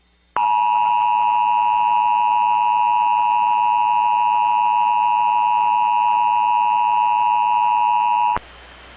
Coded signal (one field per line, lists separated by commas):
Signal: Emergency Alert System (SAME) tones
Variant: 853 and 960 Hz attention tone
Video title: (VALID TONES) EAS Recreation Mock - Parkersburg, WV Tornado Warning (02/28/2011)